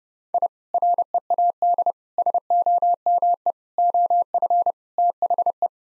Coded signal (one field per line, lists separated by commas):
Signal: Morse code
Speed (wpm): 30 wpm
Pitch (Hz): 700 Hz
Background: none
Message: I READ SOME OF THE